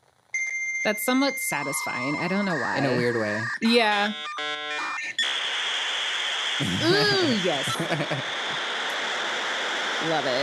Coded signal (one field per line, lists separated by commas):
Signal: dial-up modem handshake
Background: speech